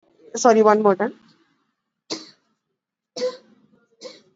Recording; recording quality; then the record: shallow voluntary cough; moderate, slight background noise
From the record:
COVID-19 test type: RT-PCR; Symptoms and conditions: cough, cold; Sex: female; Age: 58 years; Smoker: no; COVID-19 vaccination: both doses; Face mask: worn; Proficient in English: yes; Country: India